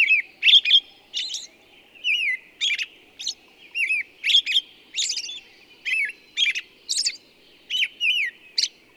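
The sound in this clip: Bird song made of rapid sweet chirps and slurred whistled notes in tight bursts, repeated with brief pauses between them.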